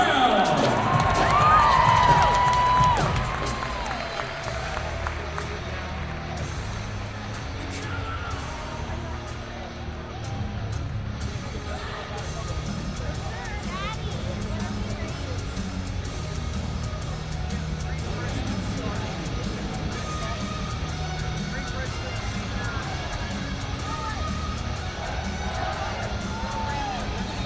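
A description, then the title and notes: Steady crowd murmur fills a basketball arena, with a loud burst of voices and a squeal at the start, then constant chatter and calls. American student basketball game in stadium - Binaural field composition Austin, Texas 2011. Game: Texas-Texas State. This is a binaural audio recording.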